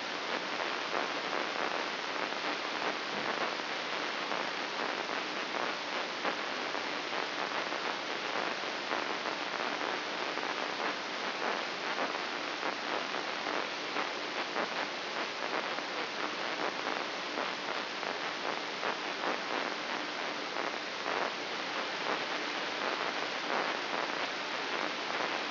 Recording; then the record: brain microelectrode recording played as sound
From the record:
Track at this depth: outside the subthalamic nucleus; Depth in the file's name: 6.461 mm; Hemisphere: left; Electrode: 3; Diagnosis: Parkinson's disease